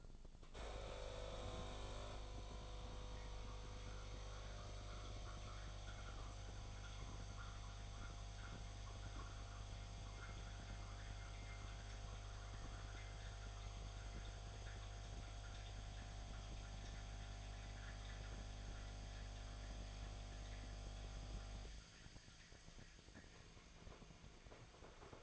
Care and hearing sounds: daily activity, microphone in the room; make coffee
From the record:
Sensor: 5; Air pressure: 1000.4 hPa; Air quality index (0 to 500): 123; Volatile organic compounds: 1 ppm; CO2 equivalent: 978 ppm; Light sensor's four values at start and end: 91/214/92/100 and 91/214/91/100

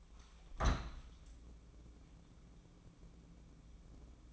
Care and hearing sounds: daily activity, microphone in the room; open window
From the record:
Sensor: 1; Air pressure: 1012.3 hPa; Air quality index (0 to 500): 167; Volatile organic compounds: 3 ppm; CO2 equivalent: 1366 ppm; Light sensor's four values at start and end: 154/344/153/161 and 153/344/152/160

